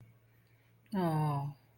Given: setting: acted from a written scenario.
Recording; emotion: vocal sound without words; sympathy